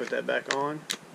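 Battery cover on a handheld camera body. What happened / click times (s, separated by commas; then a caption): Handled, not yet home: no seating click is heard, only talking / none. Someone talks while handling the plastic battery cover of a SiOnyx Aurora handheld camera body, putting it back on after the spring-locked battery has been pushed back in. The cover has not seated or clicked into place yet.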